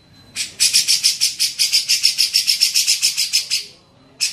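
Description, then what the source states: Grey-cheeked bulbul delivering a regular three-second series of rapid, harsh buzzy pulses, then a pause and one more burst. Masteran tutor recording used for training songbirds.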